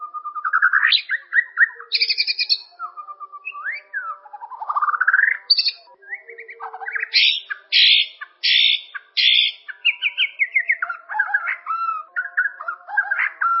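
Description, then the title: Bird singing a long, varied medley of rising and falling whistles, sharp chirps and buzzy notes delivered in quick bursts with brief gaps. "burung"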